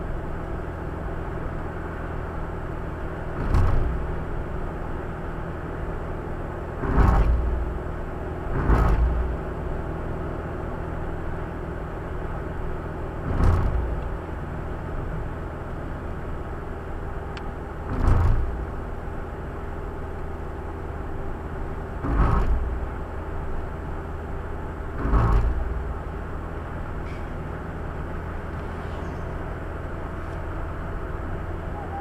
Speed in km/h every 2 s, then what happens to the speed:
63, 62, 62, 61, 62, 62, 62, 61, 61, 61, 60, 60, 61, 63, 64, 64.
0-32 steady at about 62.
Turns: none.